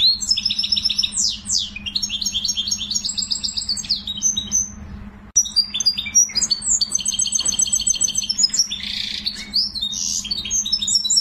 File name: sing finch canary